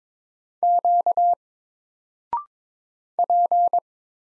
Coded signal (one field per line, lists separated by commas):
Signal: Morse code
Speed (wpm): 22 wpm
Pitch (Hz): 700 Hz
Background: none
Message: Q P